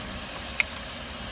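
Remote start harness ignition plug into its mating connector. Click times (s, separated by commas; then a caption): 0.6 s, 0.8 s. The ignition plug of a plug-and-play remote start kit for a 2007–11 Honda CR-V or 2007–13 Acura MDX is pushed into its plastic mating connector on the vehicle side first, not into the kit harness, against a steady low background hiss. Two sharp ticks sound at 0.6 s and 0.8 s as the plug clicks in and seats.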